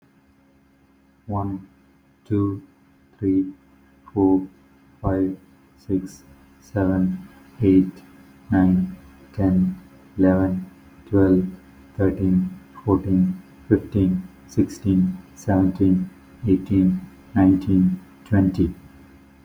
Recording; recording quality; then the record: counting at a normal pace; excellent, no background noise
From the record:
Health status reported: healthy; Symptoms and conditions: none ticked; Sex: male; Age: 45 years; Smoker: not ticked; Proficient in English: yes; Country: India